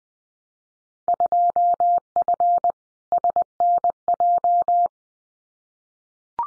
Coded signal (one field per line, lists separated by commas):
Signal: Morse code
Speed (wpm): 20 wpm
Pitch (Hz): 700 Hz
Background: none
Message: 2F SNJ